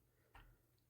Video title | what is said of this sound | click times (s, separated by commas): S.H.Figuarts - Sanji from "One Piece" - Best Selection Version Figure Review | attach the pocket accessory right here to it snaps in | 0.3 s